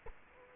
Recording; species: mosquito wingbeat signal from an infrared sensor; Culex quinquefasciatus